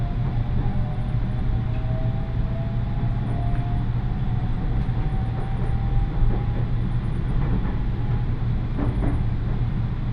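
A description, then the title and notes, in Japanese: Aboard a local train in motion, a steady deep rumble fills the car throughout. A motor whine climbs slowly in pitch as the train gathers speed, with occasional wheel clicks and a faint, thin high squeal coming and going. 耳で楽しむ鉄道旅 飯田線 中部天竜～三河槇原。中部天竜を出て旧佐久間町内を走った後愛知県に入ります。夜なので見ることができません。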